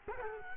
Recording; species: mosquito wingbeat signal from an infrared sensor; Culex quinquefasciatus